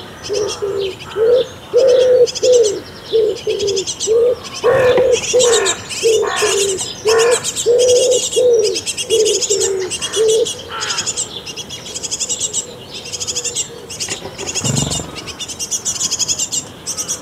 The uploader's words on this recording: Busy morning birds around a bird nest box at a Danish summer cottage. Just before sunrise, parent birds start looking for food to their hungry chicks in the bird nest box at the cottage wall. While the bird chicks are crying for food, their parents fly back and forth to the bird nest box with something to eat.